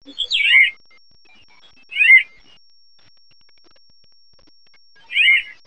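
Acorn woodpecker giving harsh, nasal calls, three separate bursts spaced about two to three seconds apart in otherwise quiet surroundings.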